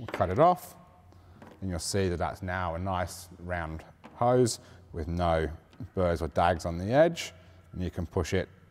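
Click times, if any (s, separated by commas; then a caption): none. A freshly cut nylon air suspension line, its end cut clean and round with no burrs, is handled ahead of being pushed into a push-to-connect air fitting while a man talks throughout, with faint brief knocks near 1.1 s and 1.4 s. Nothing has seated or clicked into the fitting yet.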